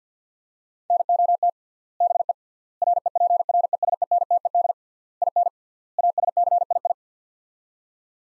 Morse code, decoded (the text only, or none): NOT BE REPRESENTED IN ASCII